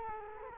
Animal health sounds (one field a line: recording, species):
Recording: mosquito wingbeat signal from an infrared sensor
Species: Culex quinquefasciatus